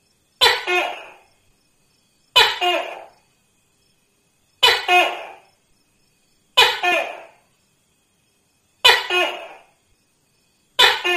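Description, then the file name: Tokay gecko calling: sharp two-part barks, a click then a drawn-out lower note, repeated about every two seconds, six calls in all, with silence between. "tieng tac ke keu"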